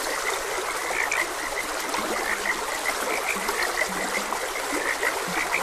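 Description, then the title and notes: Frogs calling in a chorus of brief high chirping croaks with a few deeper drawn-out croaks, set against constant flowing water. Frogs croaking beside a gentle stream. "Frogs Croaking. Sleep and Relaxation Podcast"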